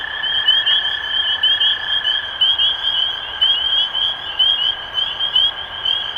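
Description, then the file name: Spring peepers giving bright upslurred peeps in rapid, overlapping succession over a continuous steady tone. Recorded 23 March 2012. "Peepers-2012-0323"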